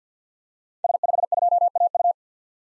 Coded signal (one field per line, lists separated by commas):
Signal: Morse code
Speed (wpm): 50 wpm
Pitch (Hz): 700 Hz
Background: none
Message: S52AU